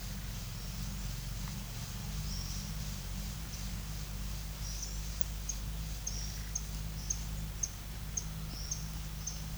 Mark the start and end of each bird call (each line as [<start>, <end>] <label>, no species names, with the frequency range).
[2.28, 2.73] bird call (4.2-6.6 kHz)
[4.74, 9.34] bird call (4.3-6.8 kHz)